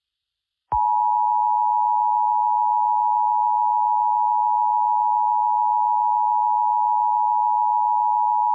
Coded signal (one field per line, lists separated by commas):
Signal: Emergency Alert System (SAME) tones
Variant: 853 and 960 Hz attention tone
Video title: eas scenario: A Quiet Place